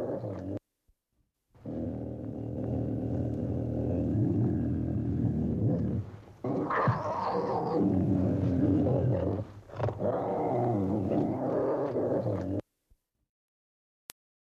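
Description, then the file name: Tiger giving deep, rumbling growls that run on for several seconds, broken by short pauses and a brief silence near the start. "tigre"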